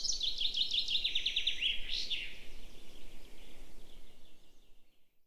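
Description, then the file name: Common chaffinch singing one loud phrase of rapid, falling notes that closes with an emphatic rising-falling flourish, then a faint trailing sound fading into quiet. "Fringilla coelebs"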